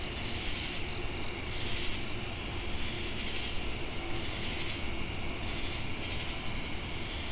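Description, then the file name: Shrill steady cricket chirring with recurring brief whistled notes, a throbbing insect buzz rising and falling, and low rumble in the background. Crickets heard together with cicadas in Jamestown, North Carolina, USA, on 10 August 2018. "Crickets And Sacadas Jamestown NC August-10-2018"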